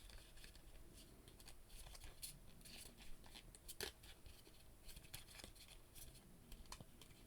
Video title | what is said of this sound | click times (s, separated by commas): Marvel Legends Beyonder Secret Wars Retro Card Marvel Comics Hasbro Action Figure Unboxing Review | there it go snaps back in | 3.8 s